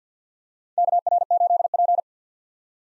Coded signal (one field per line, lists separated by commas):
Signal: Morse code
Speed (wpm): 50 wpm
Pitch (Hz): 700 Hz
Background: none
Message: KR8P